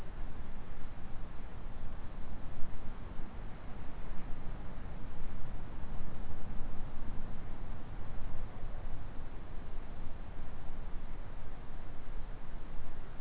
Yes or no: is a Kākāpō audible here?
no